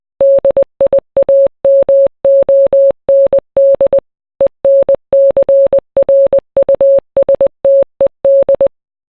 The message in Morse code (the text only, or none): DIAMOND ENCRUSTED